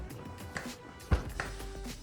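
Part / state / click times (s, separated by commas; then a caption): prosthetic liner locking pin into prosthetic socket lock / seated / 0.6 s, 1.4 s. A person stands up into a below-knee prosthetic socket, and the locking pin on the bottom of the liner ratchets into the locking hole at the base of the socket, making sharp clicks at 0.6 s and 1.4 s, with a dull low thump near 1.1 s. The pin is seated and locked into the socket.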